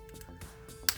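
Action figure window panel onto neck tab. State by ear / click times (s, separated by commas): seated / 0.9 s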